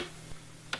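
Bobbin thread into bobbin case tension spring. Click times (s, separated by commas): 0.7 s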